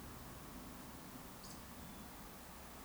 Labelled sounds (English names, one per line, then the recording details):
Eurasian Woodcock whistle
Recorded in Baden-Württemberg, Germany, on 18 June 2021 at 19:28 UTC
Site 49334, 1074 m above sea level